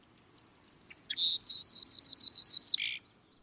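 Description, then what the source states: Song Sparrow song: a few clear introductory notes, then a buzzy note, a rapid series of repeated chips, and a low buzzy ending. Played as one of the bird sounds that announce spring, heard before the season is seen or felt; described as full of energy.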